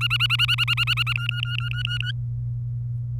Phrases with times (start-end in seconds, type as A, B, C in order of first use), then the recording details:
0.01-1.13 A, 1.16-2.11 B. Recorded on 27 April 2018 at 10:28. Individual llb3